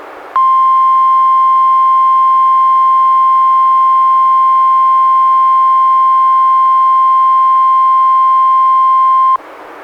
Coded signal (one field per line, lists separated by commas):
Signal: Emergency Alert System (SAME) tones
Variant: 1050 Hz attention tone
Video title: EAS #209-214: 6 NWR Required Weekly Tests- Nov. 15-Dec. 20, 2017